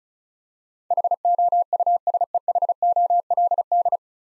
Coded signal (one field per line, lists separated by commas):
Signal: Morse code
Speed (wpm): 36 wpm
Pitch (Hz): 700 Hz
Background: none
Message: HOUSEHOLD